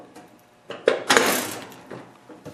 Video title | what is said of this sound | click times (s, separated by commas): DIY - Drive Ring Repair On Craftsman Snowblower | Now turn it till I feel it click in. | 0.9 s, 1.1 s, 1.2 s